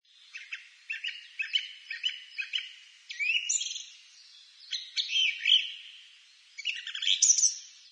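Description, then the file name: Songbird singing a varied song of chirps, buzzy trills and sweeping notes in short bursts with brief pauses, all high-pitched. "spiewak"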